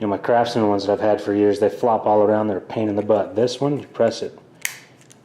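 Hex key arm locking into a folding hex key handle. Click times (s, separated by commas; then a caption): 4.6 s. Someone talks while pressing the lock button on a DeWalt folding metal hex key set so the hex key arm locks in position in the handle instead of flopping around like older Craftsman ones. A sharp snap at 4.7 s marks the key locking into place, followed by two faint ticks near 5.0 and 5.1 s.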